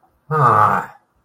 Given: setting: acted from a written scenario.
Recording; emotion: vocal sound without words; disappointment